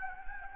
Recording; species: mosquito wingbeat signal from an infrared sensor; Anopheles gambiae